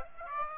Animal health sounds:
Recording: mosquito wingbeat signal from an infrared sensor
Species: Aedes aegypti

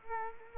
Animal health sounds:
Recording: mosquito wingbeat signal from an infrared sensor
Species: Culex quinquefasciatus

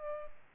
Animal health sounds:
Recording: mosquito wingbeat signal from an infrared sensor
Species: Culex pipiens

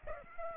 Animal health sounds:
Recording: mosquito wingbeat signal from an infrared sensor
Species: Aedes aegypti

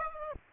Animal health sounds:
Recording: mosquito wingbeat signal from an infrared sensor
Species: Aedes aegypti

